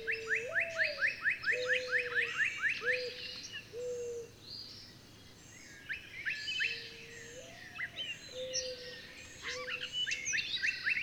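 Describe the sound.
Bird: rapid rising chirps pour out in a quick series, then scattered twitters and more chirps, with low drawn-out tones coming and going.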